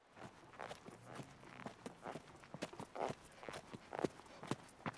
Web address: Epidemic Sound SFX Animals Horse Riding SFX Producer